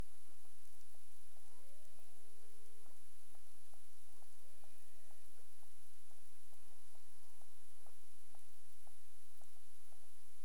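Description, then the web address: Cetacean clicks in a steady train of sharp ticks, joined by several curving mid-pitched whistles, some falling and some flat, over a constant hiss of background noise. Recorded in Bermuda on 22 April 2021 at 23:47 UTC; clicks. "CARIMAM. BERMUDE 20212204 23 h 47 clic"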